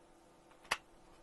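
A plastic part is pushed into the passageway of a Fanhome Millennium Falcon model during stages 21 to 23 of the build. Against a quiet background, one loud, sharp snap sounds at 0.7 s as the part snaps into place. The part is seated.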